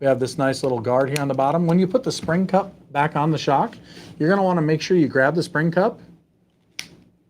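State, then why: Released. Someone talks about the plastic spring cup on an RC truck shock, then grabs the cup and pulls it off the lower rod end it is meant to snap onto. A single sharp snap is heard at 6.8 s, taking a little force to release.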